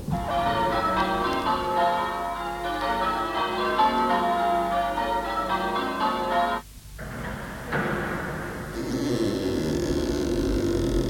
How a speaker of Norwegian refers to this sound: Nå ringer jeg på dørklokken.